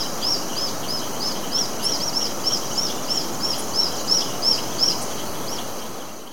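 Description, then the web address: White-fronted tyrannulet calling: a rapid series of about fifteen short, high, arched notes, roughly three per second, over a broad background hiss. Ecuador. "Birds of Ecuador White-fronted Tyrannulet"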